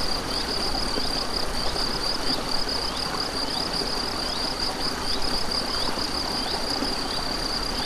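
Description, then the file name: Cricket gives a shrill, rapidly pulsed trill without pause, with soft falling chirps recurring against steady babbling stream noise. Crickets with a stream, recorded 7 May 2014 on an MZ-N710 recorder. "MZ-N 710 Ruisseau et grillons 7 05 14"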